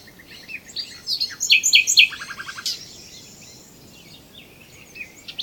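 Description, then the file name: Common nightingale song: a jumble of high twittering notes builds into loud sharp chirps, then a rapid series of lower repeated notes, then quieter sporadic calls. "Luscinia megarhynchos"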